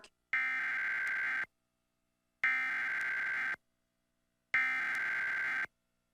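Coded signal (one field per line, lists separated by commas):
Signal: Emergency Alert System (SAME) tones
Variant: header bursts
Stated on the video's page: Real flood warning EAS activations, personally recorded off air.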